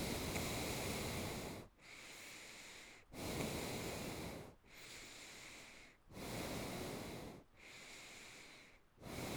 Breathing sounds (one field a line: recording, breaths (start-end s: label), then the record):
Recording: nose breathing near a microphone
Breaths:
0.00-1.62 s: exhalation
1.62-3.06 s: inhalation
3.06-4.60 s: exhalation
4.60-6.01 s: inhalation
6.01-7.43 s: exhalation
7.43-8.89 s: inhalation
8.89-9.37 s: exhalation
From the record:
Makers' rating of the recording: good